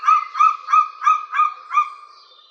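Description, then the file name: White-tailed eagle giving six harsh, evenly spaced yelps, then trailing off into quiet. "bielik"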